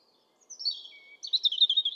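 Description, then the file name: European robin song: a descending thin whistled phrase, a brief soft pure note, then a fast bright trill held at a high pitch. "Erithacus rubecula"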